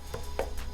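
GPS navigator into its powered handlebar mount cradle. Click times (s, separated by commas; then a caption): 0.4 s. A powered Garmin Zumo XT GPS navigator is pushed by hand into its hard-wired handlebar mount cradle on a 1290 KTM Super Adventure S motorcycle, with the cradle wired into the battery. A soft tap at 0.15 s is followed by a sharper click at 0.4 s, against a steady low hum. The unit seats and locks into the cradle.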